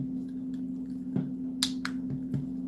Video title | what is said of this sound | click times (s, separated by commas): Transformers Studio Series Soundwave Review LIVESTREAM | I mean, that closes up, but why does this not lock? | 1.6 s, 1.9 s